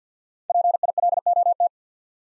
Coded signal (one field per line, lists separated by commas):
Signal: Morse code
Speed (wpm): 50 wpm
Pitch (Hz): 700 Hz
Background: none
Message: PILOT